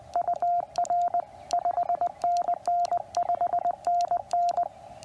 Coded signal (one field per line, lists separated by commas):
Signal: Morse code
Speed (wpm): 19 wpm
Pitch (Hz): 690 Hz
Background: radio noise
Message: UR 5NN 5NN